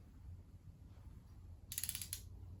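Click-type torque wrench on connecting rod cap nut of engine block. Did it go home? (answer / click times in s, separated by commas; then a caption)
no / none. A click-type torque wrench tightens a connecting rod cap nut while pistons are installed in a 4.3 Vortec V6 engine block. After a low steady rumble, a burst of bright ratcheting ticks sounds from about 1.7 to 2.2 s. The wrench has not clicked at its setting.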